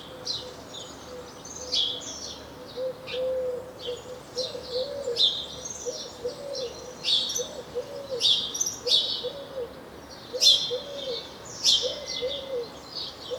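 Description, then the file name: House sparrow chirping repeatedly, sharp clustered notes coming in quick bursts throughout, over a constant low wavering hum. "Passer domesticus"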